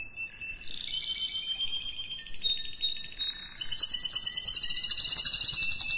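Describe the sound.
Canary singing dense, rapid trills that switch pitch several times, ending in a fast, bright rolling tour.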